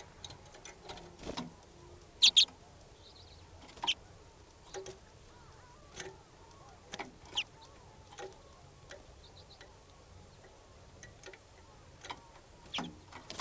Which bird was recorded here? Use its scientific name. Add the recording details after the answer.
Carduelis flammea. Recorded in captivity. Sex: male. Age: adult. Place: Putbus, Insel Rügen, Mecklenburg-Vorpommern, DE. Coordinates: 54.318, 13.413. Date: 1976-01-25. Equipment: Nagra III BH, Sennheiser MD 21. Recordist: Schubert, Michael